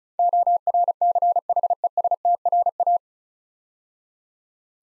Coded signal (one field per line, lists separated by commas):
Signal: Morse code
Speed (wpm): 36 wpm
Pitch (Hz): 700 Hz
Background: none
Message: ORCHESTRA